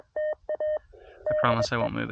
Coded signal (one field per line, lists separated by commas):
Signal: Morse code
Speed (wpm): 23 wpm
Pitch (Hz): 610 Hz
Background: speech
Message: TA DE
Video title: CW POTA With The CFT1 Transceiver